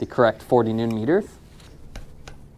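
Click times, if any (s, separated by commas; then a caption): 2.0 s, 2.3 s. A 3/8 inch click-type steel torque wrench, set to 40 Nm, is pulled on a fastener until it reaches its setting. Someone talks first. Then two sharp clicks come at 1.9 and 2.3 seconds as the wrench breaks at 40 Nm, followed by a strong rebound.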